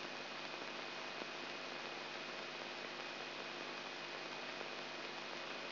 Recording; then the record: brain microelectrode recording played as sound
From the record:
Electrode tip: outside the subthalamic nucleus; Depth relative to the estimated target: -6 mm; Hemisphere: left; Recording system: AlphaMap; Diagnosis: Parkinson's disease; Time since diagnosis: 8 years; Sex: male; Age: 59 years